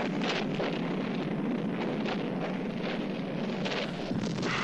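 A sustained, steady roar of explosive rumbling fills the whole stretch, dense and noisy with no breaks or distinct blasts, like a sci-fi spaceship explosion effect. No one speaks.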